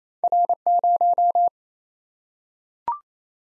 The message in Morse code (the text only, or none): R0